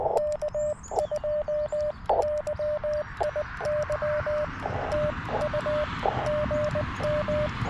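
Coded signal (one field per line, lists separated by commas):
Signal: Morse code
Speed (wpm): 19 wpm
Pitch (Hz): 600 Hz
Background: radio noise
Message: K2 YIY TU GM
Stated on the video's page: QRP CW Parks on the Air activation with a Yaesu FT-817ND and Chelegance MC-750 vertical on 40 and 20 meters.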